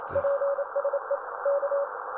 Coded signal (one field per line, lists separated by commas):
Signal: Morse code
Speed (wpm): 28 wpm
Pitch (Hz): 560 Hz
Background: none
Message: PSE K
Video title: ATS-25 max-Decoderll як працює декодер радіотелеграфу ( Морзе)